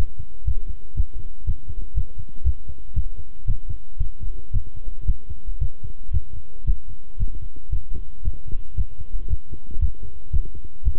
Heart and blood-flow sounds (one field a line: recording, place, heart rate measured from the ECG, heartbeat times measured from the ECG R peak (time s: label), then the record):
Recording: heart sounds by stethoscope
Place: between the tricuspid and mitral areas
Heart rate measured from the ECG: 116 bpm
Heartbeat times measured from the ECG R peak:
0.47 s: heartbeat
0.97 s: heartbeat
1.47 s: heartbeat
1.96 s: heartbeat
2.46 s: heartbeat
2.96 s: heartbeat
3.47 s: heartbeat
4.00 s: heartbeat
4.53 s: heartbeat
5.07 s: heartbeat
5.61 s: heartbeat
6.13 s: heartbeat
6.67 s: heartbeat
7.20 s: heartbeat
7.72 s: heartbeat
8.25 s: heartbeat
8.77 s: heartbeat
9.30 s: heartbeat
9.81 s: heartbeat
10.33 s: heartbeat
10.85 s: heartbeat
From the record:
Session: walking at 3.7 km/h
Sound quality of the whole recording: good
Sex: male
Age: 25 years